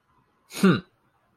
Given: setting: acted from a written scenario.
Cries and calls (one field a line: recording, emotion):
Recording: vocal sound without words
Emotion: contempt